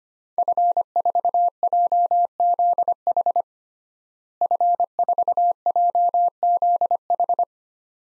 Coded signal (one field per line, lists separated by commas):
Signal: Morse code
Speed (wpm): 25 wpm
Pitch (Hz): 700 Hz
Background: none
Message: F4JZH F4JZH